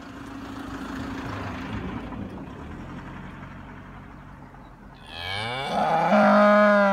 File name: tehén